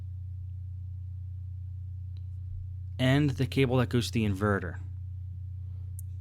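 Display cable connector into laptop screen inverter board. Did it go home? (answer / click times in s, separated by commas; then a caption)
yes / 6.0 s. While a Dell Inspiron 1521 laptop's screen is reassembled during a screen back cover replacement, the display cable's connector is plugged into the screen inverter board connector, which only goes in one way. Over a steady low hum, someone talks, then a sharp short click at 6.0 s marks the connector snapping in and seating.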